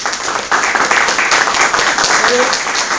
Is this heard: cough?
no